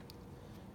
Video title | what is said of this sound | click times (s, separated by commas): Repairing or removing synthesizer keys on an E-mu Proteus MPS | the white key you hear the click it clicks into place key sounds good | 0.1 s